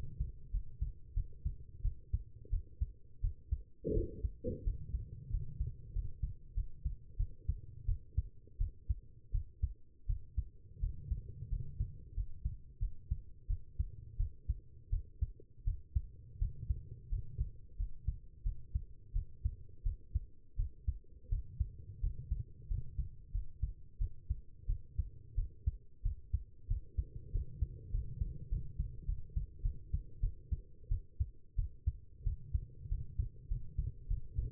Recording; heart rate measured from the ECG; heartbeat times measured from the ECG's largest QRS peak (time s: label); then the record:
heart sounds by stethoscope; 89 bpm
0.51 s: heartbeat
1.14 s: heartbeat
1.82 s: heartbeat
2.50 s: heartbeat
3.21 s: heartbeat
3.94 s: heartbeat
4.64 s: heartbeat
5.31 s: heartbeat
5.93 s: heartbeat
6.55 s: heartbeat
7.17 s: heartbeat
7.86 s: heartbeat
8.58 s: heartbeat
9.32 s: heartbeat
10.07 s: heartbeat
10.80 s: heartbeat
11.50 s: heartbeat
12.15 s: heartbeat
12.80 s: heartbeat
13.47 s: heartbeat
14.17 s: heartbeat
14.90 s: heartbeat
15.64 s: heartbeat
16.39 s: heartbeat
17.10 s: heartbeat
17.77 s: heartbeat
18.43 s: heartbeat
19.13 s: heartbeat
19.83 s: heartbeat
20.56 s: heartbeat
21.29 s: heartbeat
22.01 s: heartbeat
22.68 s: heartbeat
23.32 s: heartbeat
23.98 s: heartbeat
24.67 s: heartbeat
25.35 s: heartbeat
26.02 s: heartbeat
26.68 s: heartbeat
27.32 s: heartbeat
27.91 s: heartbeat
28.49 s: heartbeat
29.06 s: heartbeat
29.62 s: heartbeat
30.20 s: heartbeat
30.89 s: heartbeat
31.56 s: heartbeat
32.24 s: heartbeat
32.89 s: heartbeat
33.48 s: heartbeat
34.08 s: heartbeat
From the record:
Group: healthy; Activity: rest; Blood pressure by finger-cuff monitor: 107/73 mmHg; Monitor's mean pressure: 86 mmHg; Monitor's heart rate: 88 bpm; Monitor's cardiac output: 7.3 L/min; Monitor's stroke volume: 83 mL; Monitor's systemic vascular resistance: 850 dyn s/cm5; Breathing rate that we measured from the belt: 11 breaths a minute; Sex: female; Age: 19 years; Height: 163 cm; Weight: 51 kg